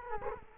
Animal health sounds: mosquito wingbeat signal from an infrared sensor; Culex quinquefasciatus

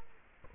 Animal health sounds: mosquito wingbeat signal from an infrared sensor; Culex quinquefasciatus

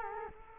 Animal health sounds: mosquito wingbeat signal from an infrared sensor; Culex quinquefasciatus

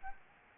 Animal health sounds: mosquito wingbeat signal from an infrared sensor; Anopheles gambiae

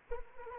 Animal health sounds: mosquito wingbeat signal from an infrared sensor; Anopheles arabiensis

